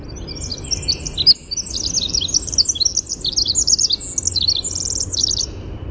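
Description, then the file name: Winter wren singing a fast, bubbling stream of very high twittering notes and short trills without pause, with faint low background rumble. "WIWR song"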